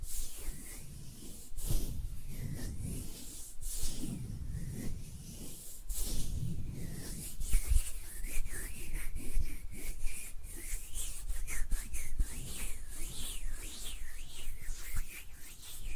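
Hands rubbing and brushing against each other in a steady, continuous stream of dry friction sounds. The strokes swell and fade in a loose rhythm, roughly every second or two, with occasional sharper taps and clicks scattered throughout, especially in the second half.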